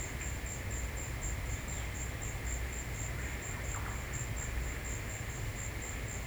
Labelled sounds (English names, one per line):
none